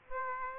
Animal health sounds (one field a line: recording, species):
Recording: mosquito wingbeat signal from an infrared sensor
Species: Aedes aegypti